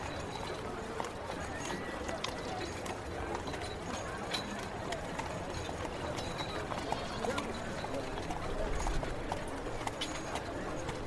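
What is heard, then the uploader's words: A medieval carriage ambience: a dense, steady bed of murmuring voices with horse hooves clip-clopping through it. Short sharp knocks and clatters pop up irregularly throughout, and the whole scene swells slightly louder near the nine-second mark. Medieval life ASMR Ambience. Carriage.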